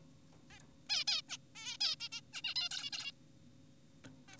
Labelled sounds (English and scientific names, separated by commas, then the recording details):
Zebra Finch (Taeniopygia guttata)
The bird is an adult
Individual g4p5U